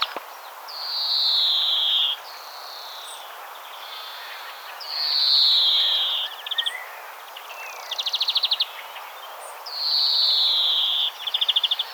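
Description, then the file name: European greenfinch song: drawn-out nasal wheezes sliding slightly downward, alternating with short dry trills. "Chloris chloris"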